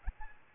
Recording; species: mosquito wingbeat signal from an infrared sensor; Aedes aegypti